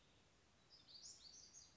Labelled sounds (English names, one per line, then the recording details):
Western Flycatcher
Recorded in Sonoma County, California